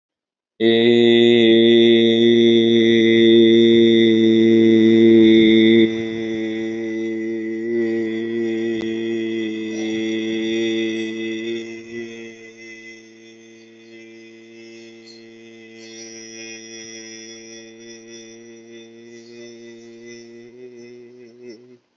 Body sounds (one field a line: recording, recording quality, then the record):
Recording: sustained vowel as in made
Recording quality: moderate, slight background noise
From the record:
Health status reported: healthy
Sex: male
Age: 29 years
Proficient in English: yes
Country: India